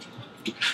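The kettle-style lid of a Weber Smokey Mountain smoker is raised on a newly installed stainless steel hinge until the hinge catches and locks it open. Over a quiet background, a single sharp hit comes at 0.5 s, followed by a louder, brighter scrape or rattle around 0.6 to 0.7 s. The hinge seats and holds the lid open.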